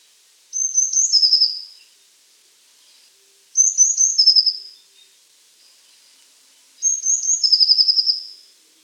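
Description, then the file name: Eurasian blue tit song: very high thin introductory notes running into a fast silvery trill, the phrase repeated three times about every three seconds, with quiet background otherwise. "lazorevka"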